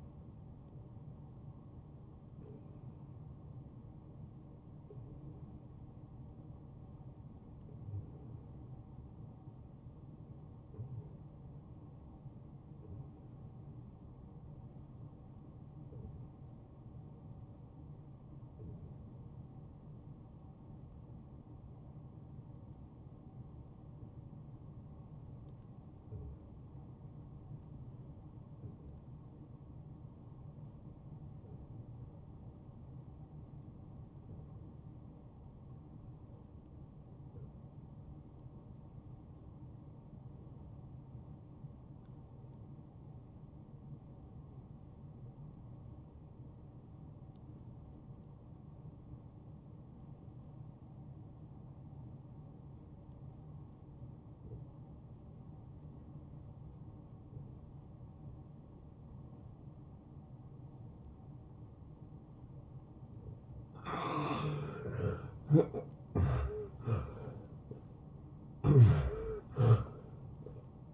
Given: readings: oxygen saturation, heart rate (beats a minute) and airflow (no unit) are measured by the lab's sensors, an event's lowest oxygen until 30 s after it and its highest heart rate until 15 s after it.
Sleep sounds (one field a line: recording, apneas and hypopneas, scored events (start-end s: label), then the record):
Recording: breathing in sleep by a smartphone at the bedside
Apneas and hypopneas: 1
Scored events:
5.00-62.10 s: obstructive apnea (REM, oxygen 98% highest, then 71% lowest, heart rate 78 at the start, 89 highest)
From the record:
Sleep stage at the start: REM sleep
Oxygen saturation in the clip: 75 to 98%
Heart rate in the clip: 69 to 79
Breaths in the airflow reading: 4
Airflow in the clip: -11.9 to 7.6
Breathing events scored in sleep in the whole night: 263 in 5.5 hours asleep